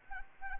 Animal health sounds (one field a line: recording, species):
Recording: mosquito wingbeat signal from an infrared sensor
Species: Anopheles arabiensis